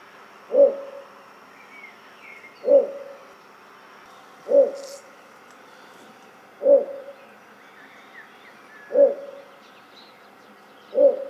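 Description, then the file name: Little bittern uttering low croaking barks roughly every two seconds, six notes in all. "torpegem hangja - torpegem - Ixobrychus minutus"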